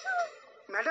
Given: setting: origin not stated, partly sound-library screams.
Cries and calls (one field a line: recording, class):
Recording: one-second piece from a danger detection set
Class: woman in danger